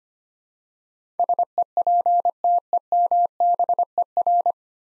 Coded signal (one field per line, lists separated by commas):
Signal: Morse code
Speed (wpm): 25 wpm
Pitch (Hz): 700 Hz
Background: none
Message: SEPTEMBER